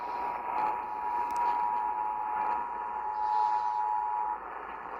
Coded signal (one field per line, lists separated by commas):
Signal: Emergency Alert System (SAME) tones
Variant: 853 and 960 Hz attention tone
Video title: LATE RELAYS AND EPIC FAILS... EAS Tests from 10/4/21-10/27/21 (EAS #759-793)